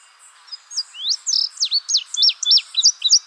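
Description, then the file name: Indigo bunting song, a lively series of sweet, high, up-and-down slurred whistles repeated rapidly over three seconds. "suara kicauan burung indigo bunting. omkicau"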